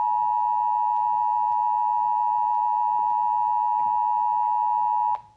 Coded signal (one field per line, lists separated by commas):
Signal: Emergency Alert System (SAME) tones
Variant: 853 and 960 Hz attention tone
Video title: YT First! SVR #1 on WXJ84, WCST-FM, WVSR & WYNL (7/17/23) EAS 1747-1750